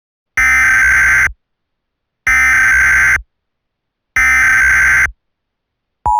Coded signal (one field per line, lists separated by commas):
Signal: Emergency Alert System (SAME) tones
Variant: header bursts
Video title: Eas Scenario The Superior Race Part2